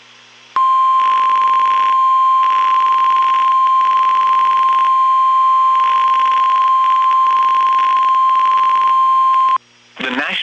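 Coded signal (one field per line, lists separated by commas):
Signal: Emergency Alert System (SAME) tones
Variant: 1050 Hz attention tone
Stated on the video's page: Real NOAA Weather Radio alerts from Nashville, Tennessee, during a flood and tornado outbreak.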